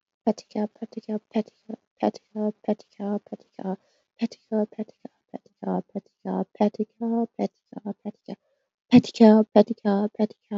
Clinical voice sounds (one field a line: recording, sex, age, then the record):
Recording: repeated syllables /pa ta ka/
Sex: female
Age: 20 to 29 years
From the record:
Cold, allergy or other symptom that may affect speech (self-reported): no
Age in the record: 23 years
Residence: New York, United States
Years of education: 16